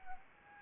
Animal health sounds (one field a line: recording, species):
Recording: mosquito wingbeat signal from an infrared sensor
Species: Anopheles arabiensis